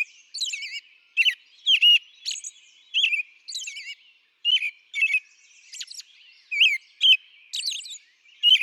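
American robin song: a long run of slurred, caroling phrases with short gaps, some notes sweeping high and sharp, repeated steadily throughout.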